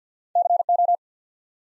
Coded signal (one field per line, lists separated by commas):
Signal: Morse code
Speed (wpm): 50 wpm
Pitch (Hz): 700 Hz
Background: none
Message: C O